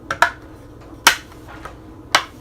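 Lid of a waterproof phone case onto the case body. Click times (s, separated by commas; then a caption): 0.1 s, 0.2 s, 1.1 s, 2.1 s. The lid of a plastic waterproof phone case is pressed closed around its edges onto the case body, and sharp snaps ring out at 0.1, 0.2, 1.1 and 2.2 seconds as its clips engage, with a faint tick near 1.7 seconds. The lid ends up snapped shut and seated all the way around.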